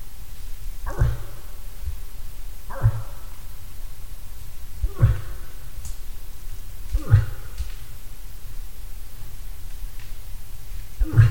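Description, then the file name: Moose grunting repeatedly, several short deep coughing grunts over a low steady background hum. "hirvi"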